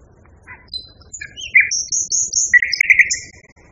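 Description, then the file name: Common nightingale song, a brief varied phrase of high thin whistles and short buzzy notes. Song variation. "kicauan nightingale b variasi. omkicau"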